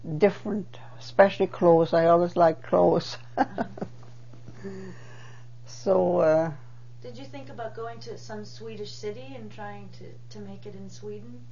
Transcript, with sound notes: different. Especially clothes. I always liked clothes. (She laughs.) So, uh--
Did you think about going to some Swedish city and trying to make it in Sweden?